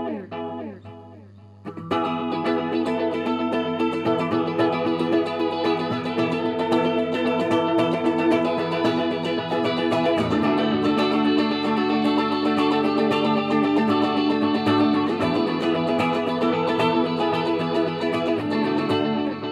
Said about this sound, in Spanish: Y también traje un delay, que es ese, que repite la señal inicial. Una especie de eco, digamos. Una especie de eco, tal cual.